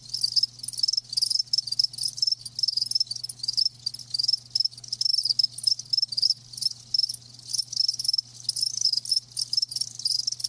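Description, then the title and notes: Crickets give high rapid chirps in short repeated bursts, with a low faint hum in the background. Live crickets chirping. "Live Crickets Chirping. RainManCJ"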